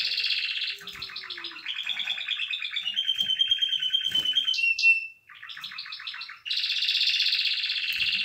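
Canary song of loud rolling trills in shifting tours, with a brief whistle and a dip in volume midway before the rattling trill resumes.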